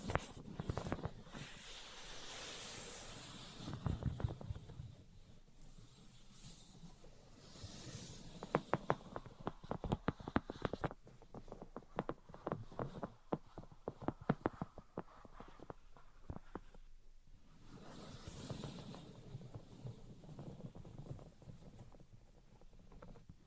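Tapping, scratching and tracing sounds run through the whole recording. Soft, hissy scratching and rubbing fill the opening seconds and return near the end, while the middle stretch brings quicker, sharper taps and clicks in irregular bursts, a bit like hooves or patter.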